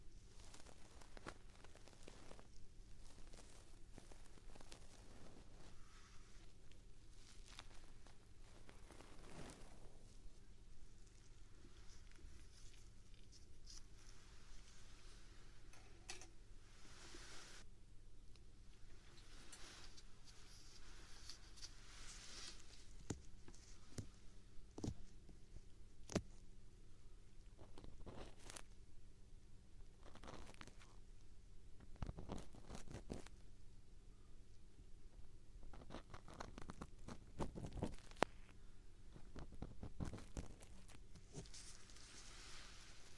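Ear-cleaning sounds made with a feather stick and an ear pick on the right side. Soft scratching and rustling runs throughout, broken by frequent sharp scrapes and taps, with bursts clustering near 25–28 and 32–38 seconds. A low steady hum sits underneath.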